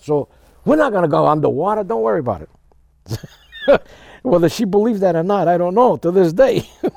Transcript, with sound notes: So we're not gonna go underwater. Don't worry about it." ( he laughs ) Whether she believed that not, I don't know, to this day.